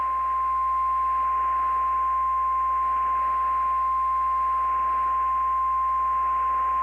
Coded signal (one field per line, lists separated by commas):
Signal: Emergency Alert System (SAME) tones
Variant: 1050 Hz attention tone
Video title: [REQUESTED EAS MOCK] i literally had to use AI to research ts